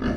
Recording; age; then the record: pig call; growing-finishing pig (85 days or more)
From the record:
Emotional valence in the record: negative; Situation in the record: barren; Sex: male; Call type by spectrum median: low-frequency call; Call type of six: low-frequency stable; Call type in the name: low-frequency stable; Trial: 2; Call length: 0.17 s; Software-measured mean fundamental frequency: 62 Hz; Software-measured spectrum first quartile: 186 Hz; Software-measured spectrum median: 320 Hz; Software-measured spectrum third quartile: 834 Hz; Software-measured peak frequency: 228 Hz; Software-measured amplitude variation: 96 dB a second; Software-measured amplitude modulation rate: 23.3 a second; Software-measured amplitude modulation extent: 4.1 dB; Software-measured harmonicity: 0.6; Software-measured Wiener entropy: -0.99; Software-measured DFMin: 877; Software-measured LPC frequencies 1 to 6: 1372, 1706, 2849, 4580, 5503, 5968 Hz